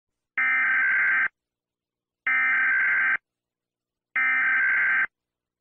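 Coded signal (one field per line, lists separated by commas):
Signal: Emergency Alert System (SAME) tones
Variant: header bursts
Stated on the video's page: Fictional simulated EAS scenario about a solar eclipse, using the official US EAS alarm.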